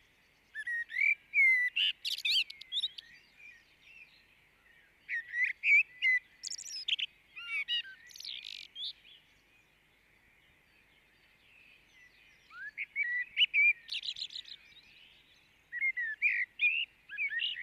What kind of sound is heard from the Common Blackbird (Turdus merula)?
song